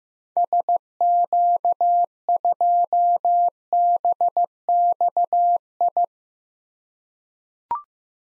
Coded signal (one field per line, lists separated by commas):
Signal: Morse code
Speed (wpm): 16 wpm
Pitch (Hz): 700 Hz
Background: none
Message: SQ2BXI